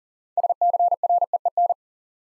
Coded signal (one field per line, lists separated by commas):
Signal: Morse code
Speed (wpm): 39 wpm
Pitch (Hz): 700 Hz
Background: none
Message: SCREEN